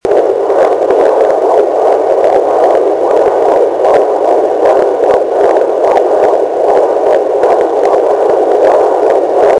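A steady hiss of Doppler static carries faint, rapid, regular pulsing throughout: a fetal heartbeat at 13 weeks of pregnancy, much faster than an adult's, picked up through a handheld Doppler.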